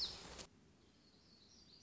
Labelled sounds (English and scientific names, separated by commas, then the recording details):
Black-throated Gray Warbler (Setophaga nigrescens)
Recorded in Sonoma County, California